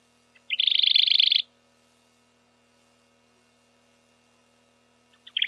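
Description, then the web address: Radde's warbler singing a fast, dense, buzzy trill of close-packed notes for about a second, then a quiet pause before the next phrase begins at the end. "Phylloscopus schwarzi"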